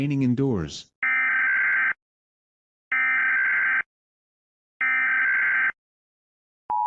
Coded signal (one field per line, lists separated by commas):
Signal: Emergency Alert System (SAME) tones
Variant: header bursts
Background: speech